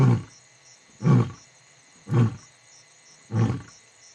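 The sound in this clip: Lion roaring in deep, low grunts, four heavy bursts spaced about one second apart, each fading quickly, with a steady faint high pulsing in the background.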